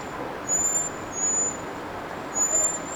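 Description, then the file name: Common blackbird giving three thin, high-pitched drawn-out whistles in quick succession over a steady hissing background. "Turdus merula"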